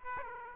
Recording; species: mosquito wingbeat signal from an infrared sensor; Aedes aegypti